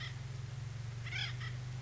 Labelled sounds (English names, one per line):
House Finch